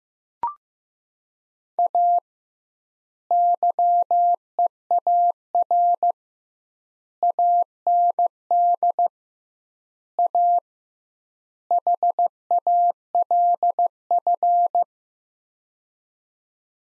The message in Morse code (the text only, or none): A YEAR AND A HALF